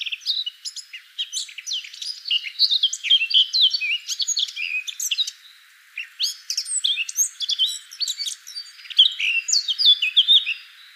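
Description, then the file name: Eurasian blackcap song in fast bursts of scratchy twitters and short whistles, a brief pause near six seconds, then more lively warbling to the finish. "Sylvia atricapilla"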